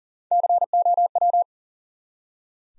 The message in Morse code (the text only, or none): COW